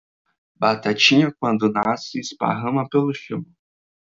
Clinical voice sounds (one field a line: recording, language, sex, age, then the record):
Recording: short text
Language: Brazilian Portuguese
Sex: male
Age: 20 to 29 years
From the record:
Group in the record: control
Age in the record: 20 years